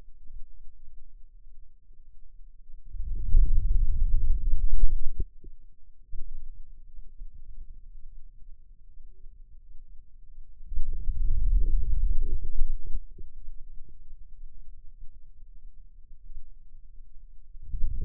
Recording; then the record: forearm muscle sounds (acoustic myography)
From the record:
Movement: wrist flexion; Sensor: system 2, bracelet of six BSWA MPA416 microphones around the upper forearm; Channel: 5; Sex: male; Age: 22 years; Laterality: right